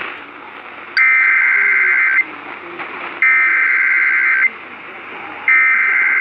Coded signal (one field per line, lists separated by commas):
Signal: Emergency Alert System (SAME) tones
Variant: header bursts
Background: speech